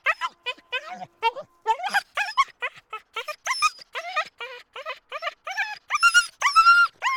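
Dogs yelping steadily: rapid high yips and squeals, about two per second, with a long shrill whine near the end.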